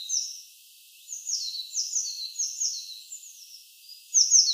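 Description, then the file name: Eurasian blue tit uttering high, slurred chip notes in a loose series, ending with a sharper, louder note. "Cyanistes caeruleus"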